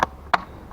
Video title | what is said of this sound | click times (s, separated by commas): Installer clignotant dynamique sur Mercedes Classe A CLA Classe B et autres mercedes | Voilà, là c'est clipsé en bas, en haut. | 0.3 s